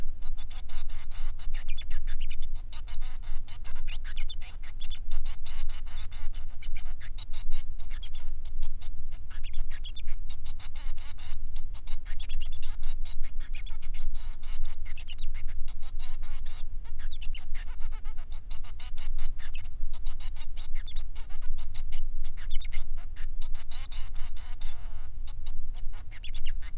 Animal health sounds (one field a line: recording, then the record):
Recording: song of a male Bengalese finch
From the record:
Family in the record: son of father 3